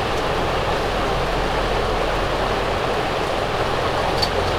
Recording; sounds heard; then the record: poultry house recording; no chicken sound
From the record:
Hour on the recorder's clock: 16